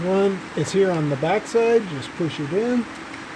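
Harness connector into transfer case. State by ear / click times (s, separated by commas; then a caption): not seated / none. Someone talks while the rear-side electrical harness connector on the transfer case of a 1997–2003 Ford Super Duty V10 4x4 with a 4R100 transmission is pushed in by hand. Only steady speech over a low background hum is heard, and nothing has seated or clicked yet.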